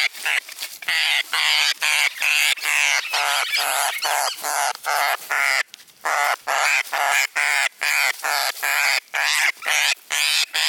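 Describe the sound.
Parrot screeching almost continuously, rapid harsh calls packed closely together throughout.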